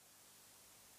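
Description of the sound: A quiet, steady hiss of moving air, even in loudness, with no snoring or breath noises. This is the continuous airflow of a sleep apnoea (CPAP) machine, which keeps the airway open and replaces the sound of snoring that a partner would otherwise hear night after night.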